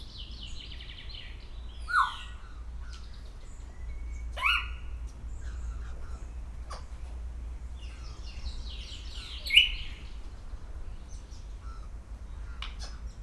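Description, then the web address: Grey parrot making scattered clicks, short whistles and a few harsh squawks with whistled elements, over a steady low rumble. At Szeged Zoo, recorded 2011; calls described as given continuously every day. "szegedizoo. jakopapagaj"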